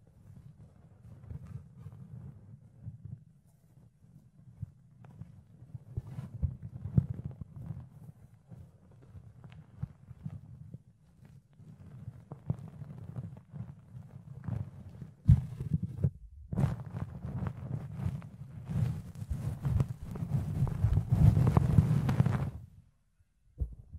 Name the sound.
Fluffy Ear Cleaning, Ear Picking